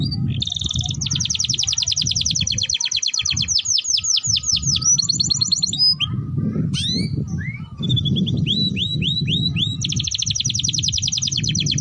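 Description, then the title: Domestic canary in nonstop song, alternating buzzy rolling trills and quick descending sweeps, a brief pause midway, with continuous low background rumble. Song used to warm up Belgian canaries and to tutor young canaries so they start singing quickly. "Canto Para Esquentar Canário Belga. Suara Pancingan Kenari Gacor || Masteran Kenari Paud Agar Cepat Bunyi"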